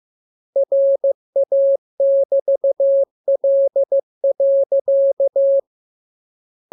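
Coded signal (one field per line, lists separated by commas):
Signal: Morse code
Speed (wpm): 15 wpm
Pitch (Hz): 550 Hz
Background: none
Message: RA<BT>L.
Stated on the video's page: Morse lesson 17 radiogram practice, preceded by VVV and section sign, ending with AR.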